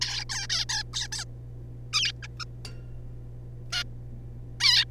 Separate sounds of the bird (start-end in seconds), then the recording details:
0.01-0.25, 0.29-0.47, 0.49-0.65, 0.69-0.83, 0.93-1.08, 1.12-1.25, 1.93-2.12, 2.23-2.27, 2.40-2.44, 3.72-3.83, 4.60-4.85. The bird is a juvenile. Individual R3549